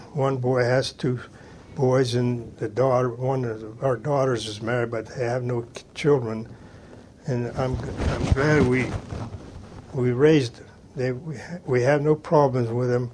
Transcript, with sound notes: The one boy has two boys and the daughter, one of our daughters is married but they have no k -- children. And I'm g -- I'm glad [microphone noise] we, we raised - they we h -- we had no problems with 'em